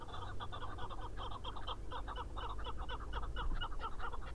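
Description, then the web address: Chukar partridge calling: quick runs of short clucking notes in uneven bursts over low background rumble. "sound Chukar. دانلود-صدای-کبک-چوکار"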